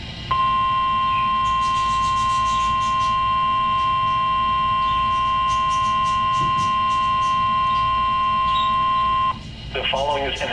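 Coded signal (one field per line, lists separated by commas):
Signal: Emergency Alert System (SAME) tones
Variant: 1050 Hz attention tone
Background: speech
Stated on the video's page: SAME alert tones in a presentation about NOAA weather radios.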